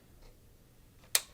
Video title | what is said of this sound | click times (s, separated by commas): Camera Tripod | push it in until it clicks you'll see that your camcorder will still move forwards and backwards but | 1.2 s